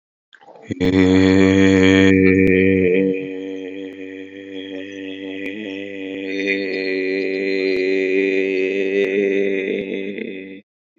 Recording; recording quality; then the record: sustained vowel as in made; excellent, no background noise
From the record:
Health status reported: COVID-19 positive, mild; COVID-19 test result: positive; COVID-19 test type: RT-PCR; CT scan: not taken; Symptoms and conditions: cough, cold, sore throat, fatigue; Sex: male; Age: 26 years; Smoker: no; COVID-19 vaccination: both doses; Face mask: not worn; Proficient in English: yes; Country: India